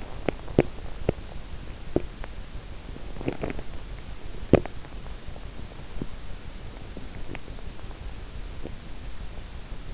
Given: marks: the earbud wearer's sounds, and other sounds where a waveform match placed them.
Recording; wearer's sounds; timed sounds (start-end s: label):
sounds in sleep by an in-ear microphone; teeth grinding
0.00-5.16 s: teeth grinding